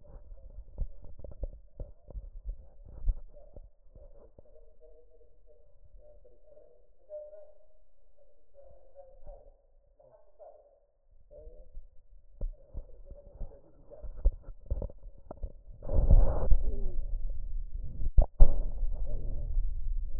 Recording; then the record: lung sounds by stethoscope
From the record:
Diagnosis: chronic bronchitis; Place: left posterior upper chest